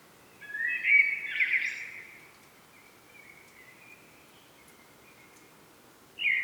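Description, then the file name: Common blackbird produces a rich warbling whistle that fades into a thin trailing note, silence, then the start of another phrase at the end. "Turdus merula"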